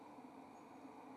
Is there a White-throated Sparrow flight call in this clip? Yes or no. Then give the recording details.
no. No flight call is heard. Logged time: 21:34 on 2 December 2014